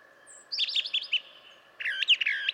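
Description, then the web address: Brown Thrasher song, two short bursts of rich, varied whistled phrases separated by a brief pause. "birdsongforthecurious Brown Thrasher"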